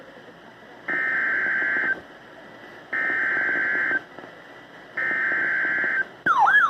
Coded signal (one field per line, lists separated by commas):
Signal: Emergency Alert System (SAME) tones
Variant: header bursts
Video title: EAS 519 - Severe Thunderstorm Warning